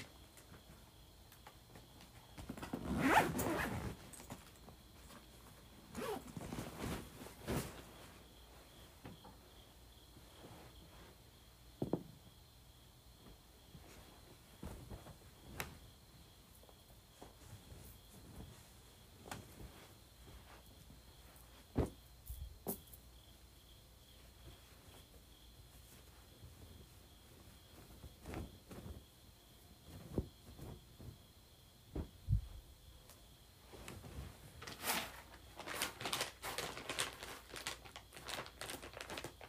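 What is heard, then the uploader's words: Various items are moved around: scattered clicks, taps and rustles arrive every few seconds, with louder scraping bursts near 3, 7 and 35 seconds. A faint steady high hum runs underneath until about 34 seconds. ASMR Moving Various Items Around.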